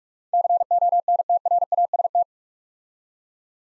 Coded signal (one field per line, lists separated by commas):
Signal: Morse code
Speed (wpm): 44 wpm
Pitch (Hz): 700 Hz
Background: none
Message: CONTRAST